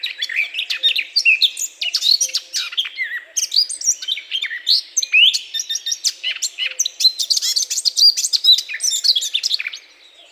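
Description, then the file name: Eurasian blackcap giving a rapid, varied warble of chirps, whistles and scratchy notes, continuing almost without pause for ten seconds. "Sylvia atricapilla"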